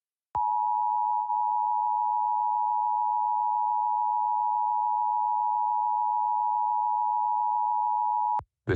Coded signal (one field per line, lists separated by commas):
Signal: Emergency Alert System (SAME) tones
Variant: 853 and 960 Hz attention tone